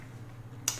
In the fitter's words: you put the water bottle and it's gonna click in place and